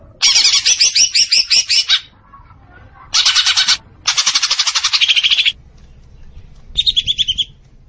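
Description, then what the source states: Leafbird song in loud bursts of fast chattering notes, three phrases and a short final burst, with quiet pauses between. Singing actively (gacor).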